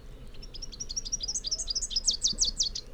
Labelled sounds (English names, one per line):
Rufous-capped Warbler song